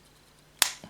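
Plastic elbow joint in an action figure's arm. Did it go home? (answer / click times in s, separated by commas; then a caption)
yes / 0.6 s. The extra elbow joint in the arm of a plastic Transformers Masterpiece MP-29+ Shockwave (Destron Laserwave) action figure is pushed forward until it clicks into its forward position, closing the gap at the joint. A sharp, bright click sounds at 0.6 s, followed by a much fainter tick at about 0.8 s over a quiet background. The elbow is seated forward.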